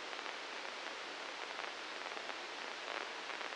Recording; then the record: brain microelectrode recording played as sound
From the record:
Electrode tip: inside the subthalamic nucleus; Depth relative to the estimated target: -2 mm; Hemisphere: right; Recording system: NeuroSet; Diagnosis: Parkinson's disease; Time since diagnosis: 19 years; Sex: female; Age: 69 years